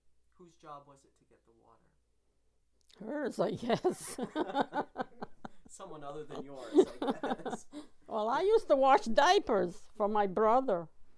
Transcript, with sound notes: Whose job was it to get the water?
Hers, I guess. ( they laugh )
Someone other than yours, I guess.
Well, I used to wash diapers for my brother.